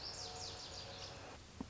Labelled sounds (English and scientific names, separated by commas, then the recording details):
Lazuli Bunting (Passerina amoena)
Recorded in Sonoma County, California